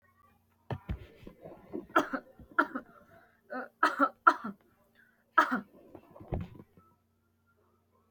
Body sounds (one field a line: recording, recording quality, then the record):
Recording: heavy voluntary cough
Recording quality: excellent, no background noise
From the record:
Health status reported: healthy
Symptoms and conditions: fever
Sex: female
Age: 27 years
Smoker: not ticked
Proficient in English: yes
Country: India